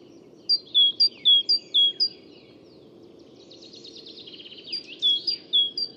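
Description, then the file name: Great tit giving several quick high-low note pairs, then a buzzy trill, then more note pairs, with a steady low hum throughout. "Parus major"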